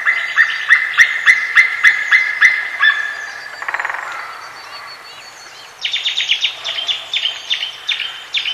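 White-tailed eagle yelping in a fast repeated series, a pause with a brief softer call, then a second, higher-pitched volley of yelps.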